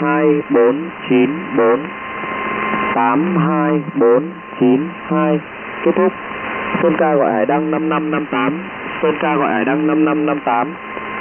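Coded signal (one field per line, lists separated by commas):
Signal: numbers station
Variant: V30, Vietnamese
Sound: a voice reading numbers in Vietnamese, then a repeated call-up with a four-digit number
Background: radio static, faint hum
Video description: Vietnamese numbers station Enigma ID V30, on its normal frequency of 10255 kHz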